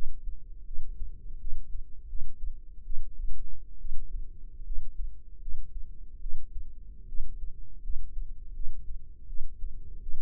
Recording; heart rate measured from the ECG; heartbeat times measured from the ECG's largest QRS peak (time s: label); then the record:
heart sounds by microphone in the right ear; 77 bpm
0.66 s: heartbeat
1.40 s: heartbeat
2.08 s: heartbeat
2.85 s: heartbeat
3.79 s: heartbeat
4.65 s: heartbeat
5.41 s: heartbeat
6.21 s: heartbeat
7.08 s: heartbeat
7.82 s: heartbeat
8.54 s: heartbeat
9.28 s: heartbeat
10.01 s: heartbeat
From the record:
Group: healthy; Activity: rest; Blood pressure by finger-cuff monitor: 106/65 mmHg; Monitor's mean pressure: 78 mmHg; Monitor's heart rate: 80 bpm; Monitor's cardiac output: 6.7 L/min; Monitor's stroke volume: 89 mL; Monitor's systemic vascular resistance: 850 dyn s/cm5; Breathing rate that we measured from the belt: 21 breaths a minute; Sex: female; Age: 22 years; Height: 157 cm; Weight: 47.6 kg